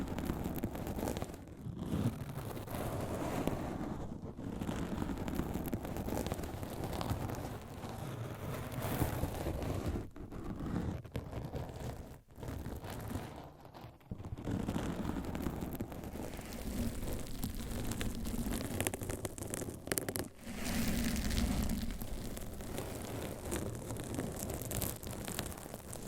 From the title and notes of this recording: Changing Triggers Every 30 Seconds Scratching , Tapping , Massage & More No Talking.